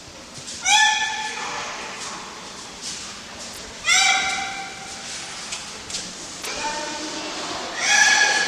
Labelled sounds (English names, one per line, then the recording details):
Black Rhinoceros call
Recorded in captivity
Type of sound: call
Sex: male
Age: adult
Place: Zoo Berlin, Berlin, DE
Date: 1987-07-02 14:15
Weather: sunny, 25°C
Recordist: Tembrock, Günter
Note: Männchen: Kurzlaute